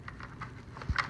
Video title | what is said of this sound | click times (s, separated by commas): Maxi cosi adora | yeah so that's all snapped into place | 0.1 s, 0.4 s, 0.8 s